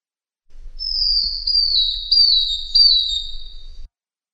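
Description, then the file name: Bird singing one long, high, pure whistle that slides slightly downward over about three seconds, with a faint low rumble beneath. "suara kicauan burung madi injap. omkicau"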